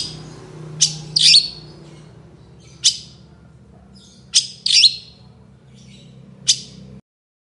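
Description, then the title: Long-tailed shrike giving harsh, piercing chirps, some paired into brief rasping bursts, separated by short gaps, over a soft low hum. Cendet singing loudly in the morning with varied 'toet toet' sounds; recording meant as a lure to get shrikes singing. "Cendet Gacor Dor Di Kala Pagi Toet Toet Variasi Suara"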